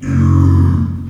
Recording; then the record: squeal of a Yucatan mini pig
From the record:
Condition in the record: after surgery on the right vocal fold (resection and tissue-engineered implant); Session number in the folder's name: 12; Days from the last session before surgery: 105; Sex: female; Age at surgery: 19 weeks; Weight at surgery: 25 kg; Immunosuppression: prednisolone